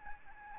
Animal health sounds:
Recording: mosquito wingbeat signal from an infrared sensor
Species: Aedes albopictus

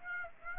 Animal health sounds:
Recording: mosquito wingbeat signal from an infrared sensor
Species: Aedes aegypti

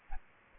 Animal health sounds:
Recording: mosquito wingbeat signal from an infrared sensor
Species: Aedes aegypti

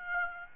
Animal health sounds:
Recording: mosquito wingbeat signal from an infrared sensor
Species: Aedes aegypti

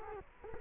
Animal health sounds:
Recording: mosquito wingbeat signal from an infrared sensor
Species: Culex quinquefasciatus

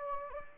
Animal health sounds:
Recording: mosquito wingbeat signal from an infrared sensor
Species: Anopheles gambiae

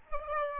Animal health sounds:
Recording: mosquito wingbeat signal from an infrared sensor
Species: Aedes albopictus

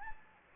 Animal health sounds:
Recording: mosquito wingbeat signal from an infrared sensor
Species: Anopheles gambiae

